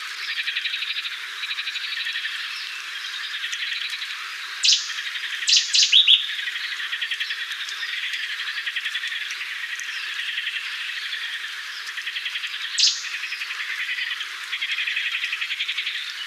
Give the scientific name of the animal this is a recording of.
Cettia cetti